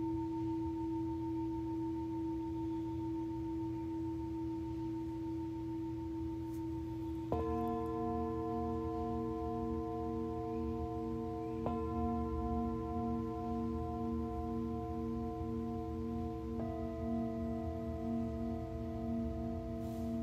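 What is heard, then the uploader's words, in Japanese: Singing bowls ring in a sound healing session, long steady tones layering over one another. Fresh strikes land at about 7, 12 and 17 seconds, each adding brighter ringing notes with a slight pulsing shimmer, over a soft low hum throughout. 2023 春分 メキシコから シンギングボウルのサウンドヒーリング。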